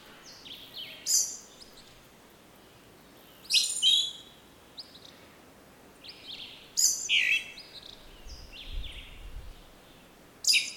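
Western red-legged thrush calling in harsh, high, chattering bursts about every three seconds, each trailed by thinner squeaky notes, over steady low hiss.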